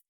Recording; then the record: hydrophone in a shrimp aquaculture tank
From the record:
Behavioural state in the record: feeding